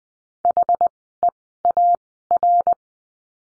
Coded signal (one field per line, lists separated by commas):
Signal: Morse code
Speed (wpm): 20 wpm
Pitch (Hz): 700 Hz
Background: none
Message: H E A R